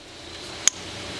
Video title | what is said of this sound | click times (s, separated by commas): Hustler Raptor Install Light Kit | push it until it clicks and then you're good to go | 0.7 s